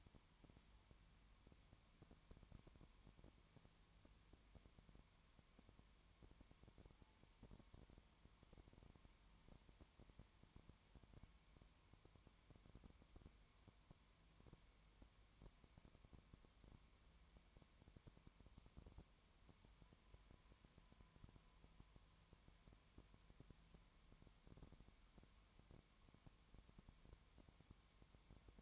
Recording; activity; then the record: daily activity, microphone in the room; no activity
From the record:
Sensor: 3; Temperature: 20.1 degrees Celsius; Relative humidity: 31.4%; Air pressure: 1001.2 hPa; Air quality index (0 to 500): 74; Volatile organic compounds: 1 ppm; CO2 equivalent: 695 ppm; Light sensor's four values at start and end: 2/3/2/2 and 2/3/2/2